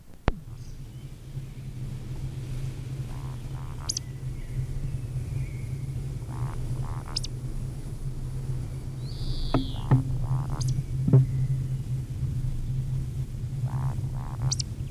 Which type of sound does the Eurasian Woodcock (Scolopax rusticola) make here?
flight song